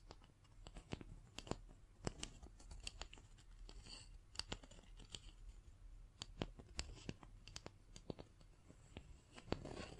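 Scratching, tracing and tapping on a surface, heard as a steady stream of sharp, bright clicks and scrapes. Taps land irregularly, several per second, some crisp and papery, over a soft low rumble that continues throughout.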